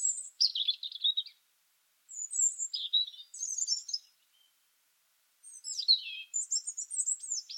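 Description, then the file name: European robin singing in high, varied warbling phrases with sudden pitch drops, three phrases separated by pauses of about a second. "Erithacus rubecula"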